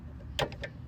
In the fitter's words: I think I heard it click there you go